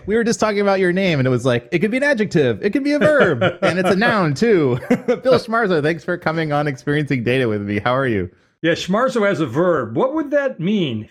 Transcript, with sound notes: We were just talking about your name, and it was like, “It could be an adjective. It could be a verb. And it’s a noun, too.”. [laugh] Bill Schmarzo, thanks for coming on Experiencing Data with me. How are you?
Yeah, Schmarzo as a verb, what would that mean?